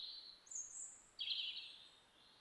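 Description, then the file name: European robin producing thin, very high whistled notes and a lower sustained trill, faint over constant hiss. "Erithacus rubecula"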